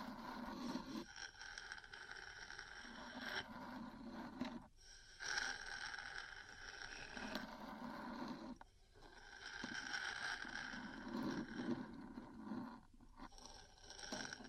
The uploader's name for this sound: Metal Parts Tapping & Scratching